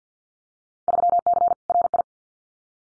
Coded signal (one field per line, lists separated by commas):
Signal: Morse code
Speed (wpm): 50 wpm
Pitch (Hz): 700 Hz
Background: none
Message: 3C RI